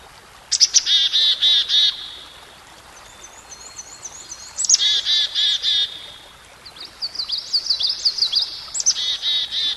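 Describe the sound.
Songbird song: three buzzy pulsed bursts roughly every four seconds, each with a high leading note, with thin high twittering between them.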